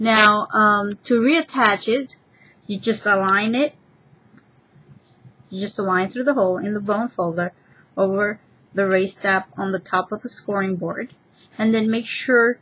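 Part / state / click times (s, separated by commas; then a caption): bone folder tool into its storage tab on a scoring board / not seated / none. Someone talks while lining up the hole in a plastic bone folder over the raised tab on top of a Martha Stewart mini scoring board, to reattach the tool to its storage tab. Small, quiet taps around 4.4 s and 4.6 s are the parts touching during alignment. Nothing has locked or clicked into place yet.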